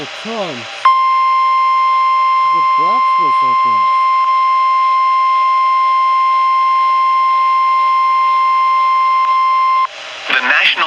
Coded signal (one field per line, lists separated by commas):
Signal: Emergency Alert System (SAME) tones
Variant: 1050 Hz attention tone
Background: speech